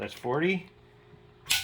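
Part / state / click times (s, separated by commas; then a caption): torque wrench on a scope base/mount screw of a rifle / torque reached / 1.5 s. Someone talks, then a torque wrench tightening a scope mount screw on a Mauser rifle gives a sharp click at 1.5 s. The click shows the wrench has reached its setting of 40.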